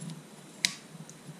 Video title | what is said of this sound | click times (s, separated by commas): SHIMANO Triton Levelwind (see video description) | there it is you could hear it it snaps right in all | 0.7 s